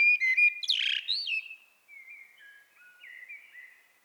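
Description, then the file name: Common blackbird singing a loud fluty phrase with a harsh buzzy burst, then soft quiet whistles trailing off. "Turdus merula"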